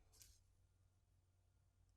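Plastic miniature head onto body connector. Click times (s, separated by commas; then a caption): 0.2 s. A plastic miniature's head and body are lined up on a connector peg and pushed together. A short, bright click sounds at 0.2 s as the head seats onto the body, followed by a low steady hum. The head is fitted securely in place.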